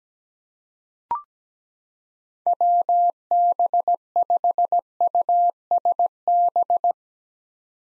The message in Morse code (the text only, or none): WB5USB